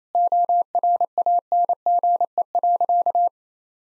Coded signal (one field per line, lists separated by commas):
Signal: Morse code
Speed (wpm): 27 wpm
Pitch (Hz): 700 Hz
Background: none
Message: ORANGE.